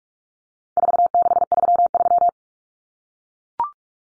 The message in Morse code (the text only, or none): 4633